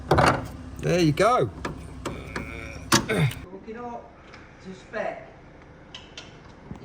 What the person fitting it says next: You hear that click? I heard that. I heard it click.